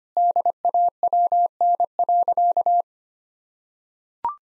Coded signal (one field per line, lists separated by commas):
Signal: Morse code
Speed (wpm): 25 wpm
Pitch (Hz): 700 Hz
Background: none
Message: DAWN.